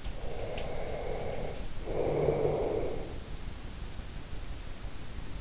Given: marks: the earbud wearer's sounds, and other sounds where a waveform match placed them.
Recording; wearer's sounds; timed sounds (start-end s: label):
sounds in sleep by an in-ear microphone; breath
0.19-3.08 s: breath